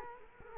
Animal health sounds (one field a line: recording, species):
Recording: mosquito wingbeat signal from an infrared sensor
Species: Culex quinquefasciatus